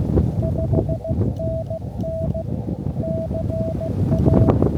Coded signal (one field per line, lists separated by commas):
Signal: Morse code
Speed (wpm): 16 wpm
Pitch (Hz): 650 Hz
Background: none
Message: 5NN CA